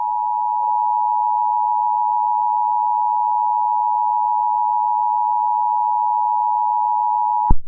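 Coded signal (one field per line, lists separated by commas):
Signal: Emergency Alert System (SAME) tones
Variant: 853 and 960 Hz attention tone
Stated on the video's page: Fictional EAS scenario about a tornado, not a real alert.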